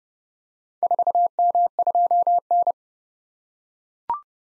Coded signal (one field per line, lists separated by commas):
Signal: Morse code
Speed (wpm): 30 wpm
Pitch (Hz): 700 Hz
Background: none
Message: 4M2N